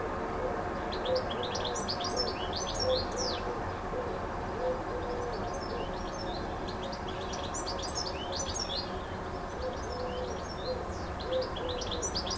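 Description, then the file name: Bird song: thin, high chirping phrases repeated throughout, somewhat soft against a steady low droning noise. Recorded on an MZ-N 710 device, dated 26 06 14. "Chant d oiseau 26 06 14"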